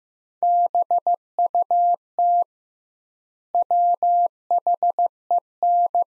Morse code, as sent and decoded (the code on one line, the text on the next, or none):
-... ..- - / .-- .... . -.
BUT WHEN